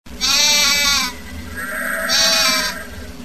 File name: Golosa domashnih zhivotnyh - OVCA (Zvyki com)